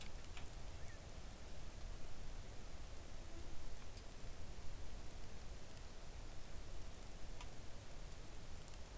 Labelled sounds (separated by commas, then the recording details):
rain
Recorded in the Arctic National Wildlife Refuge, Alaska, on 3 August 2019 at 05:45
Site 41